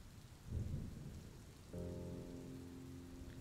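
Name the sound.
rain falling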